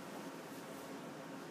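An extension piece is being fitted onto the frame of a rotating prone-positioning patient bed: its prongs are set down into their slots and a handle is turned to lock it in place, so it won't wobble when the patient is turned prone. Only a steady broadband hiss is heard, with no distinct clicks. Nothing has seated or locked yet.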